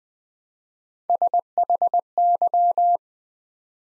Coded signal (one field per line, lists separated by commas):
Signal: Morse code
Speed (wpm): 20 wpm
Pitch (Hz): 700 Hz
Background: none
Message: SHY